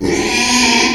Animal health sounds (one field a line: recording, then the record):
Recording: squeal of a Yucatan mini pig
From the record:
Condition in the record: after surgery on the right vocal fold (resection and tissue-engineered implant)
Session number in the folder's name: 2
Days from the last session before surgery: 13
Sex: male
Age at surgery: 12 weeks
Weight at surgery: 13 kg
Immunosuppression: cyclosporine, prednisolone